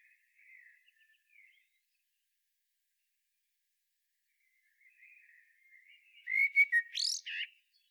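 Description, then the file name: Common blackbird song: faint soft warbling at first, then a louder phrase of fluted notes topped by a sharp, high squeaky flourish. "Turdus merula"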